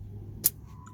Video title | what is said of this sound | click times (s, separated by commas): Audi Q7 rear brake pads change job. How to replace the rear brake pads on Audi Q7. Audi Q7 brakes. | there we go that's nicely clipped in you could hear the click | 0.5 s